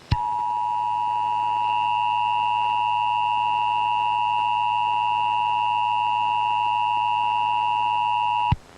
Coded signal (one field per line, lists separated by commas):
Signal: Emergency Alert System (SAME) tones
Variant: 853 and 960 Hz attention tone